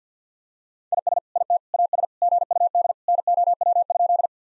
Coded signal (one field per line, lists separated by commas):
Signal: Morse code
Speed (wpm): 50 wpm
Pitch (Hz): 700 Hz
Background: none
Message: IS IT AS GUD NOW?